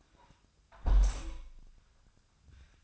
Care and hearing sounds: daily activity, microphone in the room; close window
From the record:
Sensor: 2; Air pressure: 1004.5 hPa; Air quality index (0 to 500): 108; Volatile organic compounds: 2 ppm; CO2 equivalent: 1310 ppm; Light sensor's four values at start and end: 6/14/5/6 and 6/14/5/5

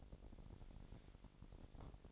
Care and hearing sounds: daily activity, microphone in the room; take from stove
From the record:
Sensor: 5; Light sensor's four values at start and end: 44/98/42/44 and 45/102/43/45

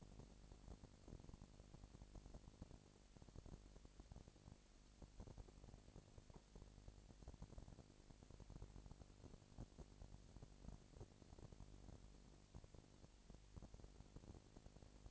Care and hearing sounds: daily activity, microphone in the room; no activity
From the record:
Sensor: 5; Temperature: 20.1 degrees Celsius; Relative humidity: 38.2%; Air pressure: 998.9 hPa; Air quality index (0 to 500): 218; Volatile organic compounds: 24 ppm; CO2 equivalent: 2811 ppm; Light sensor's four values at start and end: 2/3/1/1 and 2/3/1/1

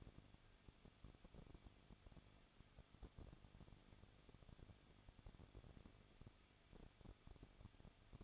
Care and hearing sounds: daily activity, microphone in the room; no activity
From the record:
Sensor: 4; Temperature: 23.1 degrees Celsius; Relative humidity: 33.9%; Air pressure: 1007.2 hPa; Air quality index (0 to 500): 215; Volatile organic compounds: 15 ppm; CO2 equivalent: 2485 ppm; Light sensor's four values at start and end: 2/3/1/1 and 2/3/1/1

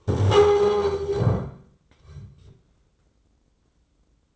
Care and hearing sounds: daily activity, microphone in the room; stand up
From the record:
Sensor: 3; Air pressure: 996.0 hPa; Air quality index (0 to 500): 246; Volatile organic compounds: 1000 ppm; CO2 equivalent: 6308 ppm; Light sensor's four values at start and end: 41/100/43/47 and 37/89/39/42

